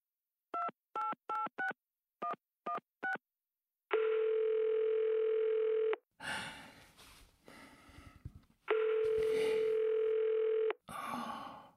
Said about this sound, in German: Dann griff er zum Telefon und rief Laser an.